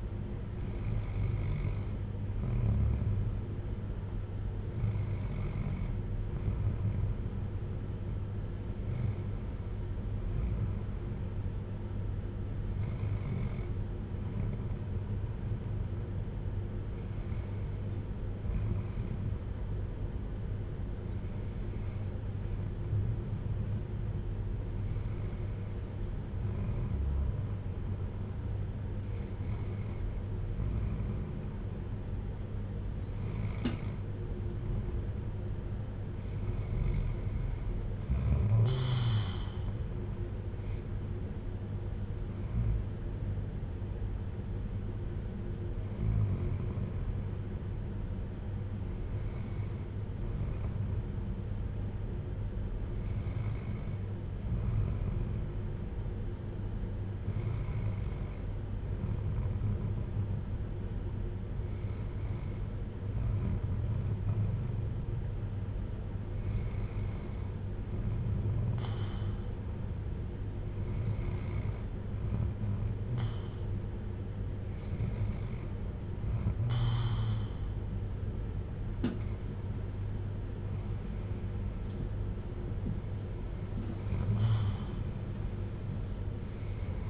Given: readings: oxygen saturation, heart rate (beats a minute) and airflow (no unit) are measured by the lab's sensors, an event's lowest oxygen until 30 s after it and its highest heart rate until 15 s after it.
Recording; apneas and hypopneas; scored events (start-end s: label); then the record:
breathing in sleep by a smartphone at the bedside; none
86.00-87.10 s: new sleep stage, N1 (lightest sleep)
From the record:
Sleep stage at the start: N2 (light sleep); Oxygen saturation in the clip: 94 to 95%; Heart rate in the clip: 54 to 63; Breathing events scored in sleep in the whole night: 310 in 8.1 hours asleep